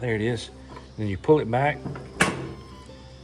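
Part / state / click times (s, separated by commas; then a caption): hand clutch lever on an antique tractor / seated / 2.2 s. Someone talks as the hand clutch lever on an antique 1941 John Deere B tractor is pulled back. At 2.2 s it gives a sharp click as it snaps over into the disengaged position, and that click shows the clutch is disengaged.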